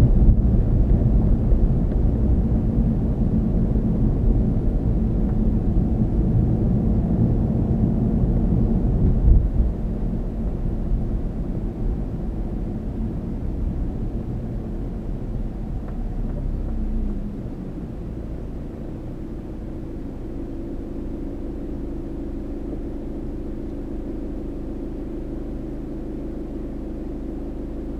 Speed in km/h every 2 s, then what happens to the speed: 42, 40, 39, 39, 40, 39, 34, 29, 23, 13, 8, 6, 0, 0.
0-10 steady at about 39. 10-24 slows to 0. 24-28 standing.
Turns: none.